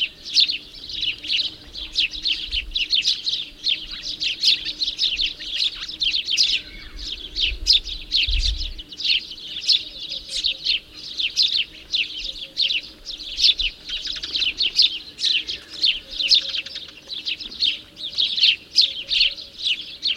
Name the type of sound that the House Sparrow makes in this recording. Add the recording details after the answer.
song. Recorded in the wild. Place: Babadag, Dobrogea, RO. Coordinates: 44.891, 28.717. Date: 1976-05-30 11:15. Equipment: Nagra III BH, Sennheiser MD 21, parabola. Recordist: Schubert, Michael. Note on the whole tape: Haussperlinge, Gruppengesang